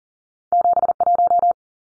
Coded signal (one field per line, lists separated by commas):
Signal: Morse code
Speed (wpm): 40 wpm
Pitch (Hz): 700 Hz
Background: none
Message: 71